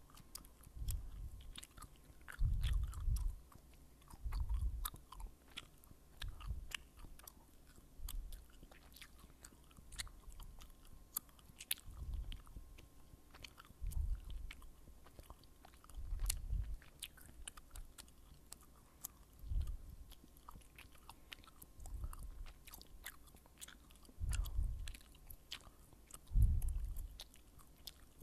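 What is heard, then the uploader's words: Gum chewing and breathing. Soft low thumps of the jaw and breath swell every couple of seconds, with sharper clicks and wet crackles scattered throughout and a louder burst near twenty-six seconds. ASMR GUM/BREATHING SOUNDS & Hand Movements NO TALKING ガム・息する音・手の動き・無口『音フェチ』.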